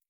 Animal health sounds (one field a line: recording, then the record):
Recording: hydrophone in a shrimp aquaculture tank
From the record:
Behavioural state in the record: feeding